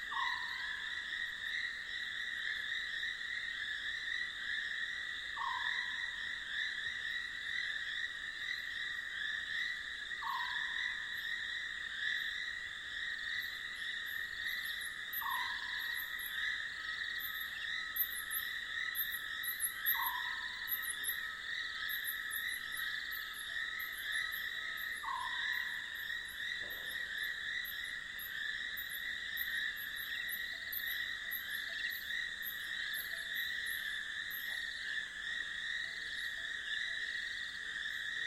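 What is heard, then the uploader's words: Night ambience by a dry riverbed early in the rainy season: a dense, unbroken chorus of frogs and insects holds steady throughout. A single lower call repeats every five seconds until about 26 seconds, while very high, rapid chirps flicker across the second half. Durational audio recording of the sound environment around a dry stretch of the Limpopo River in South Africa at the beginning of the rainy season. The recording begins just before dusk and continues through late morning. Audio encoding: Stereo FLAC at 48kHz, 24bit.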